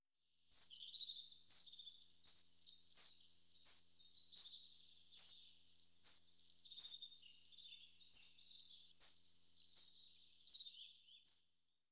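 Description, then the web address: Eurasian treecreeper giving very high, thin, short call notes, repeated roughly every three-quarters of a second with a fainter twittering between them, in otherwise quiet surroundings. "IVN Zangvogels. Taigaboomkruiper"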